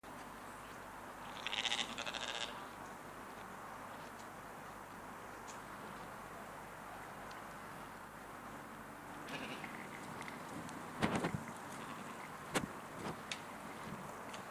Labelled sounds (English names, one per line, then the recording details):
Argali bleating
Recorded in captivity
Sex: group
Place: Tierpark Berlin, Berlin, DE
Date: 2004-09-25 16:14
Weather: sunny, 14°C
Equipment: Sony WM-D6C, Sennheiser ME 80, Kopie Uher 4000 Report Monitor
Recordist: Tembrock, Günter